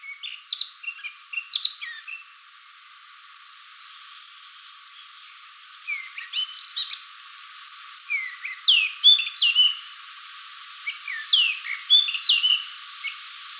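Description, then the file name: Eurasian blackcap giving clicky notes and short chirps, a pause, then several bright phrases of downslurred whistles and twitters repeated with short gaps. "Sylvia atricapilla"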